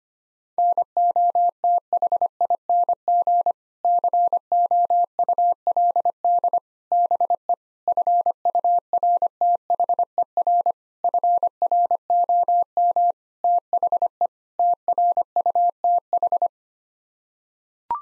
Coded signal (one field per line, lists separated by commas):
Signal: Morse code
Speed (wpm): 25 wpm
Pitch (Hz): 700 Hz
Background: none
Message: NOTHING COULD BE FURTHER FROM THE TRUTH